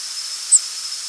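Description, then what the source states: Cape May warbler flight call, a single very high, thin seet lasting a fraction of a second over steady background hiss. Night flight call.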